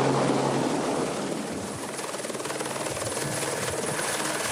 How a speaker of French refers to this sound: Pour le sortir, l'hélicoptère va le tirer à l'extérieur.